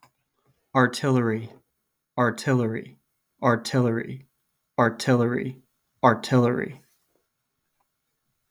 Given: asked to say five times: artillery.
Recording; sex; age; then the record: repeated word; male; 20 to 29 years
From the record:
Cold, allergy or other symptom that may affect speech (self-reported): no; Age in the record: 25 years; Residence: Rhode Island, United States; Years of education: 16